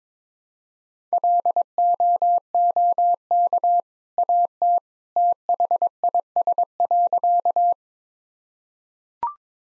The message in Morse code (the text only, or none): LOOK AT THIS.